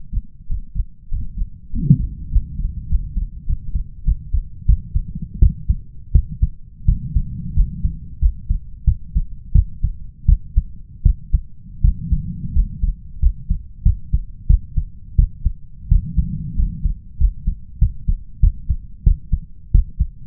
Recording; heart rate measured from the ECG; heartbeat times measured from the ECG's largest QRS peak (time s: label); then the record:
heart sounds by stethoscope; 90 bpm
0.46 s: heartbeat
1.08 s: heartbeat
1.70 s: heartbeat
2.29 s: heartbeat
2.88 s: heartbeat
3.46 s: heartbeat
4.04 s: heartbeat
4.65 s: heartbeat
5.39 s: heartbeat
6.11 s: heartbeat
6.85 s: heartbeat
7.53 s: heartbeat
8.19 s: heartbeat
8.84 s: heartbeat
9.52 s: heartbeat
10.26 s: heartbeat
11.03 s: heartbeat
11.81 s: heartbeat
12.53 s: heartbeat
13.20 s: heartbeat
13.83 s: heartbeat
14.47 s: heartbeat
15.16 s: heartbeat
15.88 s: heartbeat
16.55 s: heartbeat
17.17 s: heartbeat
17.78 s: heartbeat
18.40 s: heartbeat
19.03 s: heartbeat
19.71 s: heartbeat
From the record:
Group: healthy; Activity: rest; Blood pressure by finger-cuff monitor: 121/88 mmHg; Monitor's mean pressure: 97 mmHg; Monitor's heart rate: 92 bpm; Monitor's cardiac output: 6.2 L/min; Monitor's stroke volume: 70 mL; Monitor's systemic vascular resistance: 1120 dyn s/cm5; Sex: male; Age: 21 years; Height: 180 cm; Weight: 67.5 kg